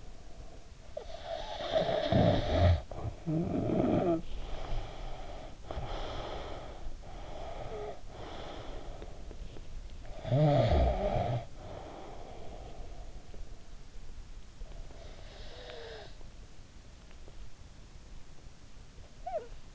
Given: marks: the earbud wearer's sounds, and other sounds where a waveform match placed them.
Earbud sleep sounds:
sounds in sleep by an in-ear microphone; snoring breath, breath
0.63-4.29 s: snoring breath
4.29-9.83 s: breath
9.83-13.67 s: snoring breath
14.53-16.46 s: snoring breath
18.94-19.64 s: snoring breath

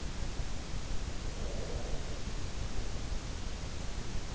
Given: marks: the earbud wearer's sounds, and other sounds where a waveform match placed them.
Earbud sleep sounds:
sounds in sleep by an in-ear microphone; breath
1.22-3.48 s: breath

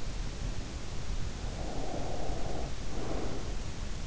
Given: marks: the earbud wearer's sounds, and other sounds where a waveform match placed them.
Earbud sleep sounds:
sounds in sleep by an in-ear microphone; breath
1.43-3.59 s: breath

